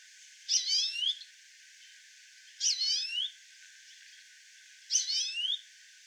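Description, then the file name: European greenfinch giving three short twittering calls, about two seconds apart. "Chloris chloris"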